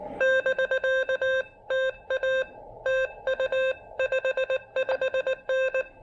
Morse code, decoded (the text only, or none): <BK> TA TU 55N